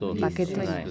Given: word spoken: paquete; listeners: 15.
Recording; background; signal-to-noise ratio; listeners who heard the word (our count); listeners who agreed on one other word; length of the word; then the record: one Spanish word in noise, from a listening test; four-talker babble; -1.0 dB; 4 of 15; 9 of 15; 0.51 s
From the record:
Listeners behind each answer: 9, 4, 1, 1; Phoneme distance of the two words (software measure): 7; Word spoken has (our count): 3 syllables, 6 phonemes, stress on syllable 2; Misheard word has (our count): 3 syllables, 7 phonemes, stress on syllable 2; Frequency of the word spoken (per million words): 25.81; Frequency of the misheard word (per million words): 9.97